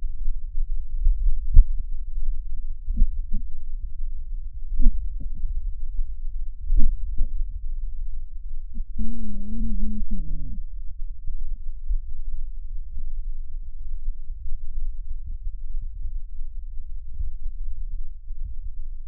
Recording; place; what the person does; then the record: lung sounds by stethoscope; left anterior apical chest; quiet breathing, then cough and speech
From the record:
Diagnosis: asthma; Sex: female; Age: 74 years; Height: 155 cm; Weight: 63 kg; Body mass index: 26.2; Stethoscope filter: bell mode